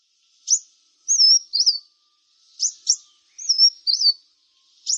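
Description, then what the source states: Brown-throated Sunbird calls: high, sharp doubled chips alternating with thin, slurred, wavering whistles, spaced irregularly over a few seconds in an otherwise quiet background. Indonesian name Kolibri Kelapa; described as gacor, meaning singing vigorously.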